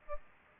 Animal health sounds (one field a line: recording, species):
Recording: mosquito wingbeat signal from an infrared sensor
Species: Aedes albopictus